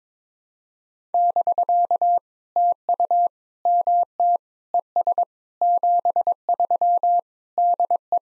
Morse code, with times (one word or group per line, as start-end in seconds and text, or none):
1.1-2.2 <BK>
2.6-3.3 TU
3.7-4.4 MT
4.7-5.2 ES
5.6-7.2 73
7.6-8.2 DE